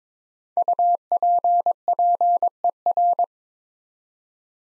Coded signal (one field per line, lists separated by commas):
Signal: Morse code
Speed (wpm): 22 wpm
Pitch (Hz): 700 Hz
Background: none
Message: UPPER